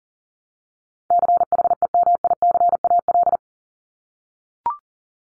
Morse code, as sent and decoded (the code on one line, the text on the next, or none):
-.-. .... . -- .. -.-. .- .-..
CHEMICAL